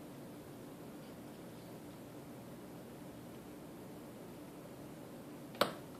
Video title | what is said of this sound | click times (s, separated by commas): Dell Notebook Memory WiFi Upgrade | There we go. Hear a little snap. | 5.6 s